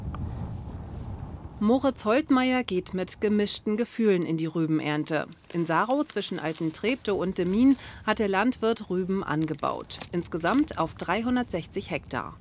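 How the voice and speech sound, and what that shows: Fluent, clear German news narration by one adult at an even pace after brief background noise; normal speech.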